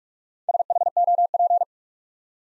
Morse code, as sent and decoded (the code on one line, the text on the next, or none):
... .... --- .--.
SHOP